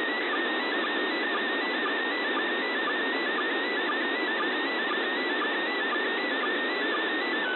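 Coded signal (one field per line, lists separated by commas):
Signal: SSTV (slow-scan television)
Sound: warbling tone wandering up and down with regular short low blips, over hiss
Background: radio static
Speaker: I tried a second time and this picture is a little clearer on the top you can see the olds mirror station and an American astronaut Jerry Linenger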